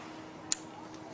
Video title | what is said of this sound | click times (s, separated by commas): How to Install HIDs [Conversion Kit] DIY | and push in until it clicks, | 0.5 s